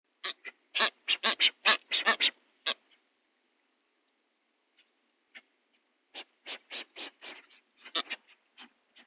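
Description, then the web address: Brown booby calls: rapid hoarse, quacking notes in a fast run, a pause of a few seconds, then another stuttering series of rough honks. "katsuodori"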